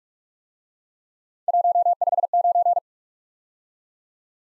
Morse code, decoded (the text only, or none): 159